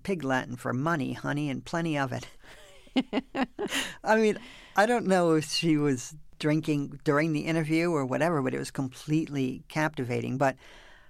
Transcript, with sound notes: That's pig Latin for money, honey, and plenty of it.
(Laughter).
I mean, I don't know if she was drinking during the interview or whatever, but it was completely captivating.